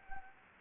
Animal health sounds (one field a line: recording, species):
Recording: mosquito wingbeat signal from an infrared sensor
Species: Anopheles gambiae